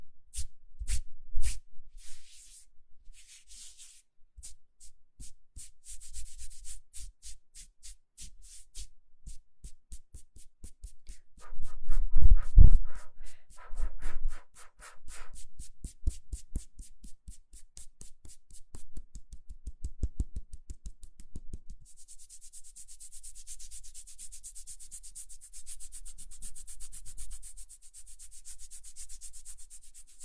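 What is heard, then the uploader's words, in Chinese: Hands rubbing together in repeated short strokes, each a dry swish, often in quick regular runs. The rubbing is loudest around 11–15 seconds, then turns softer and steadier, ending in a faint continuous hiss after about 22 seconds. 搓手手。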